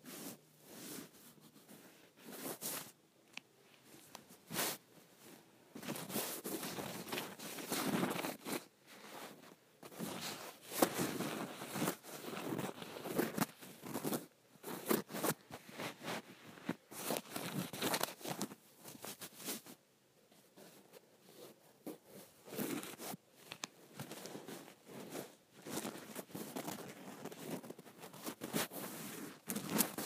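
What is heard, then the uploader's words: A cord is scraped in dense, irregular bursts of rough, crackly friction that run through nearly all thirty seconds. The strokes vary in loudness and speed, with brief pauses around two, nine and twenty seconds before the gritty rasping resumes. ASMR Scraping the Cord of my iPhone Charger.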